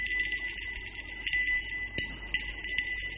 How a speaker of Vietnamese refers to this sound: Tiếng chuông vang lên, leng ca leng keng, đối với lũ quỷ thì nghe chói tai vô cùng.